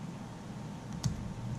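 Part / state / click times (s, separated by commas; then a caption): spring/part underneath the hammer in a single-action revolver frame / seated / 1.0 s. While a single-action revolver is being reassembled after its springs were replaced, a spring part is fitted underneath the hammer in the frame. A single sharp click is heard at 1.0 s over a low background hum. The part clicks into place and is seated.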